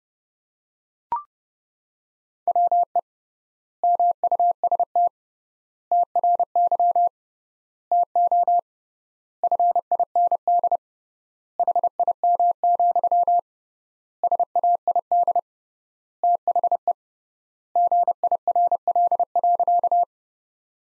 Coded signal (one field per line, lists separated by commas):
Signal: Morse code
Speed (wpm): 30 wpm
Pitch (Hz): 700 Hz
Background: none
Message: WE MUST TRY TO FIND HIM, SAID THE GIRL.